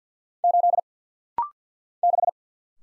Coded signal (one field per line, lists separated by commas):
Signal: Morse code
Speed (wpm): 50 wpm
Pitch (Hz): 700 Hz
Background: none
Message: 8 6